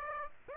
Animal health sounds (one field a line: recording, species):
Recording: mosquito wingbeat signal from an infrared sensor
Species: Aedes aegypti